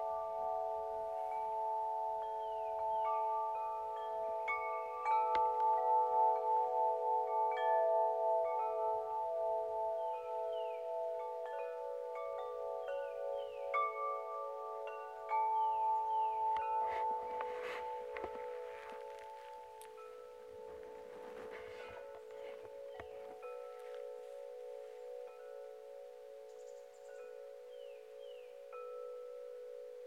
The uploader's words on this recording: Wind Chimes in Moonlight. As the night breeze gently caresses the chimes.